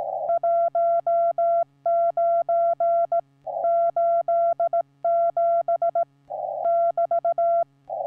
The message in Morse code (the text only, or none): 1987 <BT>